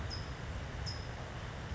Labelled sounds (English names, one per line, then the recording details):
California Towhee
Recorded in Sonoma County, California